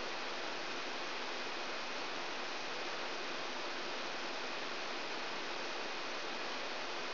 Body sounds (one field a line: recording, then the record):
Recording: brain microelectrode recording played as sound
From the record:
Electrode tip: outside the subthalamic nucleus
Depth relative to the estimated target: -7 mm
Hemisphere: left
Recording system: AlphaMap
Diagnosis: Parkinson's disease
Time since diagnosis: 12 years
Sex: female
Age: 56 years